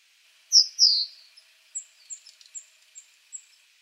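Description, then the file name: Great tit calls: two loud, high down-slurred notes, then a run of short, thin, very high notes. "Parus major"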